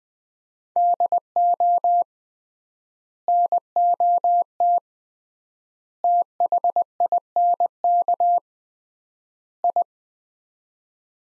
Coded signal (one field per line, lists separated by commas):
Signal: Morse code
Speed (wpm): 21 wpm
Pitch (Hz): 700 Hz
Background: none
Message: DO NOT THINK I